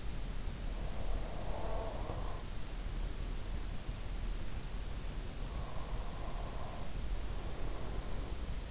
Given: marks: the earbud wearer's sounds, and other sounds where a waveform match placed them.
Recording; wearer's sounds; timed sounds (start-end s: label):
sounds in sleep by an in-ear microphone; breath
0.72-3.67 s: breath
5.44-8.71 s: breath